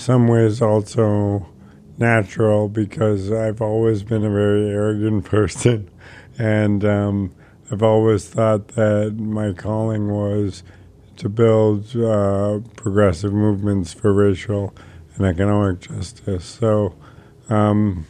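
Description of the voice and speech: A man with amyotrophic lateral sclerosis (ALS), diagnosed the year before, speaks slowly in a flat, nearly monotone voice, with nasal vowels, stretched words and frequent pauses with fillers. His voice has changed markedly because of ALS, which weakens the muscles used for speech; it is worse with fatigue and lack of sleep.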